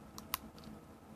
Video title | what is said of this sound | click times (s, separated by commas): Smok TFV4 - Triple & Quad Coil Sub Ohm Tank - REVIEW | So that just pops into place. | 0.3 s